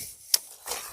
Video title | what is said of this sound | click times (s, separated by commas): Ryobi 20 inch 40v chainsaw review, model ry405011 . 22 inch red oak log cut. #ryobitools #homedepot | and it actually locks into place so there we go | 0.3 s